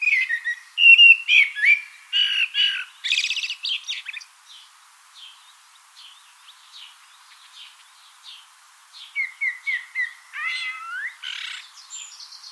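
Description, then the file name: Common blackbird song: fluted whistled phrases ending in squeaky high twitters, a pause of several seconds, then more warbled phrases with a rising chatter near the end. "Turdus merula"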